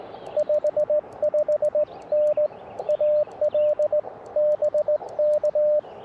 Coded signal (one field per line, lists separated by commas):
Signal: Morse code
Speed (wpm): 19 wpm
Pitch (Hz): 600 Hz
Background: radio noise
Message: 55N AL BK